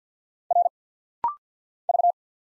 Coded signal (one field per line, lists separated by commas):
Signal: Morse code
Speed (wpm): 48 wpm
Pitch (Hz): 700 Hz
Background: none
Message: R V